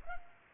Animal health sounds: mosquito wingbeat signal from an infrared sensor; Culex pipiens

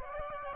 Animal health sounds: mosquito wingbeat signal from an infrared sensor; Aedes aegypti

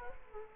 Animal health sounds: mosquito wingbeat signal from an infrared sensor; Culex quinquefasciatus

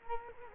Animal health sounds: mosquito wingbeat signal from an infrared sensor; Culex quinquefasciatus

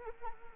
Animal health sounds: mosquito wingbeat signal from an infrared sensor; Anopheles arabiensis

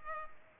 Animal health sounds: mosquito wingbeat signal from an infrared sensor; Culex pipiens

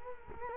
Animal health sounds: mosquito wingbeat signal from an infrared sensor; Culex quinquefasciatus

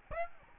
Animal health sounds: mosquito wingbeat signal from an infrared sensor; Aedes albopictus

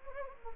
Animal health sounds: mosquito wingbeat signal from an infrared sensor; Anopheles gambiae

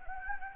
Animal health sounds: mosquito wingbeat signal from an infrared sensor; Anopheles gambiae

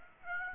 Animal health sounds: mosquito wingbeat signal from an infrared sensor; Aedes aegypti

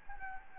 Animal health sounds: mosquito wingbeat signal from an infrared sensor; Anopheles gambiae

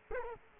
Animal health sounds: mosquito wingbeat signal from an infrared sensor; Culex quinquefasciatus

